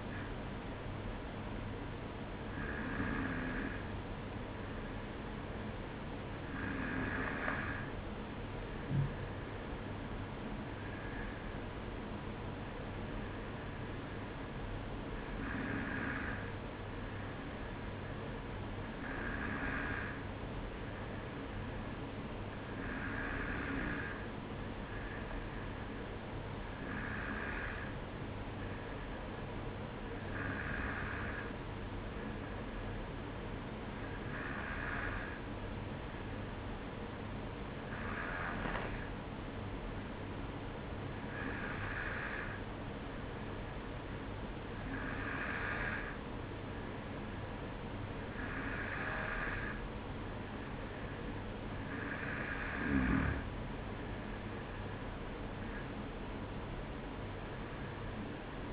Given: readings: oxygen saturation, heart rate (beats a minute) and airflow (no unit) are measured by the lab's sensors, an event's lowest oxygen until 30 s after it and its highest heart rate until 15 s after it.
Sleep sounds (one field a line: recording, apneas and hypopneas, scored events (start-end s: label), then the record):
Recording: breathing in sleep by a voice recorder at the bedside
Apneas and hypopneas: none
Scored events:
none scored
From the record:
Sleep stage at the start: N1 (lightest sleep)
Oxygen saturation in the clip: 93 to 94%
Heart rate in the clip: 53 to 57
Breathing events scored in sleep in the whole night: 305 in 9.6 hours asleep